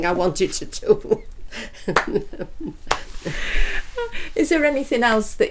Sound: laughs and claps

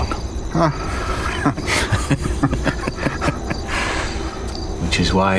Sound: they both laugh

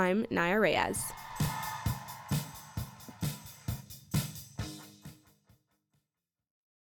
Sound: audience cheers and claps fade in, fade out

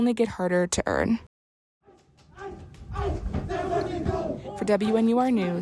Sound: nat sound: Yard Show

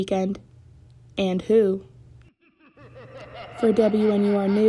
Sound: evil laughing soundbite

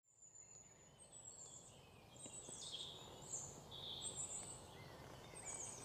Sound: nat sound: birds tweeting in the background

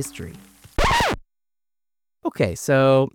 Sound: Jungle Music Abruptly Cuts; Record Scratch SFX

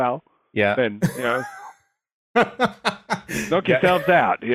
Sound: laugh

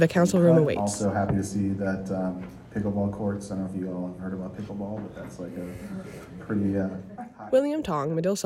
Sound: nat sound of council meeting

